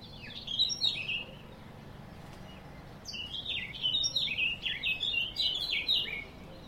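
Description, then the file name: Eurasian blackcap singing two warbled phrases, a short one and then a longer run of quick, jumbled, tumbling notes, after a brief pause. "Sylvia atricapilla"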